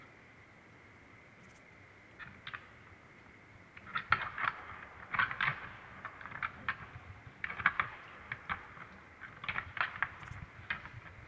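Three males confront one another in a series of sharp, clicking calls. After a quiet opening, short bright bursts begin around two seconds and grow denser from about four seconds on, arriving in irregular clusters with a few louder peaks over a soft, steady hiss.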